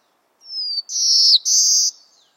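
Black-throated Blue Warbler song: a thin high note sliding down, then two lazy buzzy notes.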